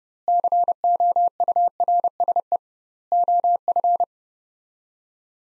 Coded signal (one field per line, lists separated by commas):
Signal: Morse code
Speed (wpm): 30 wpm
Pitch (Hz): 700 Hz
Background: none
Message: COURSE OF